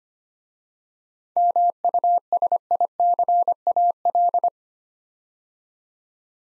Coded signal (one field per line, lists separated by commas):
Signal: Morse code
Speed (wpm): 25 wpm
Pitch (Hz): 700 Hz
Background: none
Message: MUSICAL